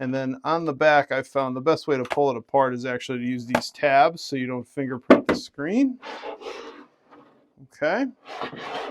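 Someone talks while handling the fold-out side screens of an Oiiwak portable triple-monitor laptop frame, gripping the tabs on the back to pull the screens apart and open on their slide or hinge mechanism. Soft rustling and handling noises follow near the end. Nothing has seated or clicked into place yet.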